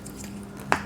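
A red plastic rear reflector is slid up onto its mount on the seat post of a VEVOR mountain bike. After a quiet stretch with a low steady hum and faint small ticks, one sharp, loud click sounds at 0.7 s as it snaps into place. The reflector is seated on its bracket.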